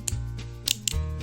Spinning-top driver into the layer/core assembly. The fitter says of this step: that's the clicks there.